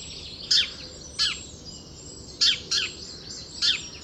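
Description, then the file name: House sparrow chirping, six loud, sharp chirps at irregular intervals, with a soft chatter of other small birds continuing behind. "Passer domesticus"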